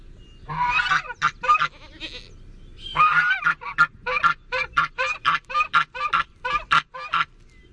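Goose honking, harsh nasal honks in a burst, a pause, then a long run of rapid repeated honks.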